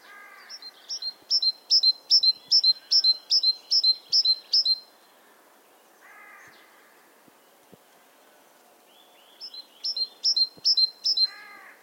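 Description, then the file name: Great tit calls: bright, high repeated notes with a hooked downward flick, about two or three a second, in two bursts, with lower harsh churring notes at the start, between the bursts and at the end. "Parus major"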